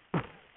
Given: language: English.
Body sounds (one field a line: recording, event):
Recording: throat vibration sensor signal played as sound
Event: cough